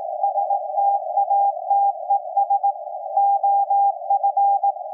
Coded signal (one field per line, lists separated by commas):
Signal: Morse code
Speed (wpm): 18 wpm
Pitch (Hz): 800 Hz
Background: none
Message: STATES OF